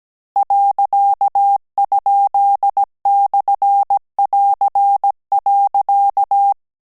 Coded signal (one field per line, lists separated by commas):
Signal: Morse code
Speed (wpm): 17 wpm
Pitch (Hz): 800 Hz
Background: none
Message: .?/<AR>.